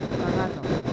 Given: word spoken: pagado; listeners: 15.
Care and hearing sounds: one Spanish word in noise, from a listening test; noise modulated by three-talker babble; -5.9 dB; 1 of 15; 12 of 15; 0.53 s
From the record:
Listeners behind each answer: 12, 1, 1, 1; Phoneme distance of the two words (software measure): 30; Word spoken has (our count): 3 syllables, 6 phonemes, stress on syllable 2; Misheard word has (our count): 3 syllables, 6 phonemes, stress on syllable 2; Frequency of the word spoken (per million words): 14.47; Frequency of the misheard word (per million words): 5.40

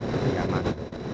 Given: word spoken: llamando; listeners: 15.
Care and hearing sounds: one Spanish word in noise, from a listening test; noise modulated by three-talker babble; -5.3 dB; 1 of 15; 6 of 15; 0.74 s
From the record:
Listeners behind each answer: 6, 3, 1, 1, 1, 1, 1, 1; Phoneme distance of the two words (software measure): 24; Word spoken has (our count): 3 syllables, 7 phonemes, stress on syllable 2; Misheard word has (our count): 2 syllables, 5 phonemes, stress on syllable 2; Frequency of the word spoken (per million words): 8.67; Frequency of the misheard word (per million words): 53.29

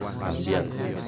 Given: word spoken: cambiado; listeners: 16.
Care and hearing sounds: one Spanish word in noise, from a listening test; eight-talker babble; 0.3 dB; 1 of 16; 11 of 16; 0.68 s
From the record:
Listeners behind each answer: 11, 1, 1, 1, 1, 1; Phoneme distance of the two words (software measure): 17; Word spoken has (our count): 3 syllables, 8 phonemes, stress on syllable 2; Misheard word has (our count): 2 syllables, 7 phonemes, stress on syllable 2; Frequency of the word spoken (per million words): 39.04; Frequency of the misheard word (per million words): 76.32

